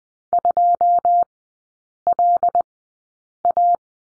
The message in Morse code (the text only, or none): 2LA